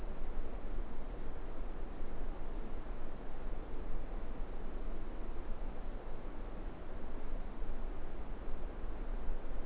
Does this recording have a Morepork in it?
no